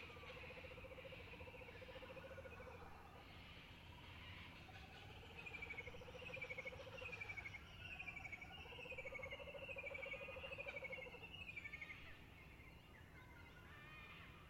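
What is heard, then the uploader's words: A dawn chorus of birds. A low, hooting, owl-like call repeats in long rising-falling phrases at about 1, 6 and 10 seconds, while higher birds trill and whistle in quick sliding notes between 5 and 12 seconds. A steady low rumble runs underneath. Dawn chorus, Turramurra, September 2018. Dawn chorus of birds, recorded about 5.30am while jetlagged. Recorded on a Zoom h4n recorder, topped & tailed with a touch of EQ to remove hiss.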